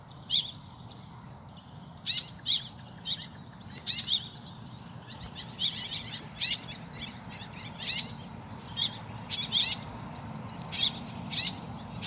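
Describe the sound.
Woodswallow giving sharp, rasping single chirps spaced unevenly, sometimes in pairs, against a low steady hiss.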